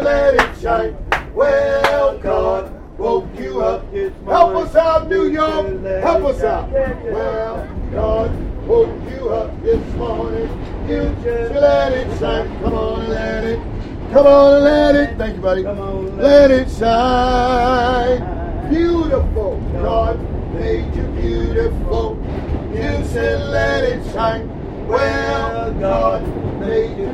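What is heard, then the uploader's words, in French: Sounds recorded during a stay in New York: a steady low rumble runs throughout, like a train or vehicle, with voices speaking over it. Tonal bands rise and fall, and sharp clicks and knocks recur every second or so. Sons captés lors de mon séjour New Yorkais.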